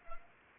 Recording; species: mosquito wingbeat signal from an infrared sensor; Culex pipiens